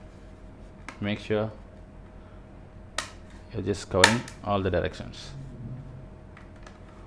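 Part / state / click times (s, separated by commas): plastic snap-fit clip of router cover into base / not seated / none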